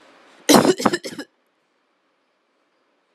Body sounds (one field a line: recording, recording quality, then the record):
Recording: heavy voluntary cough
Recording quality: excellent, no background noise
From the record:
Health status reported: healthy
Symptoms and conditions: none ticked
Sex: female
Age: 30 years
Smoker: not ticked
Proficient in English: yes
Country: India